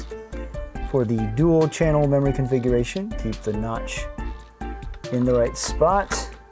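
A DDR4 memory module is handled over the A1 and B1 DIMM slots on a motherboard for a dual-channel configuration, with its notch lined up, while someone talks over background music. Nothing has seated or clicked yet; the module is not yet pressed home and the retention latches have not snapped shut.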